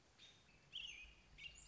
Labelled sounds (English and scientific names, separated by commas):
American Robin (Turdus migratorius)